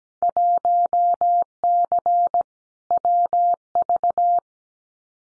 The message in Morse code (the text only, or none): 1C WV